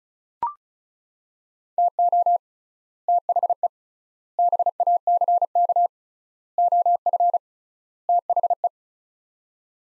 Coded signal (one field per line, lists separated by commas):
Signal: Morse code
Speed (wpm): 34 wpm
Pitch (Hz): 700 Hz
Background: none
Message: TO THE BACK OF THE